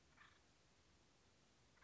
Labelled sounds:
Acorn Woodpecker
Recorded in Sonoma County, California

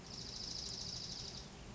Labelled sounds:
Dark-eyed Junco
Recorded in Sonoma County, California

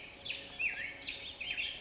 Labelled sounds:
Black-headed Grosbeak
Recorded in Sonoma County, California

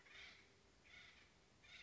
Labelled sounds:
Acorn Woodpecker
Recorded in Sonoma County, California

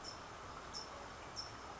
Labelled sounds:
California Towhee
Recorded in Sonoma County, California

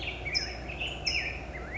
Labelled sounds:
California Towhee
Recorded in Sonoma County, California

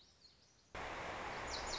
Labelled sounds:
Lazuli Bunting
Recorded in Sonoma County, California

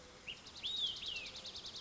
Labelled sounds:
Olive-sided Flycatcher
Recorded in Sonoma County, California

